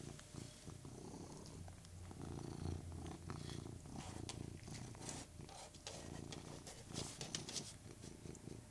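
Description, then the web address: Persian cat purring low and steadily, overlaid with chewing clicks and crackles. Purring while eating. "BBC Cats BBC"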